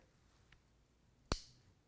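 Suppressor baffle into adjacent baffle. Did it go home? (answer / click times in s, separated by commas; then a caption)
yes / 1.3 s. Two metal suppressor baffles are lined up by their notches and pressed together, one baffle into the next. A faint tick comes at 0.5 s, then a sharp, bright snap at 1.3 s as the baffles seat into place.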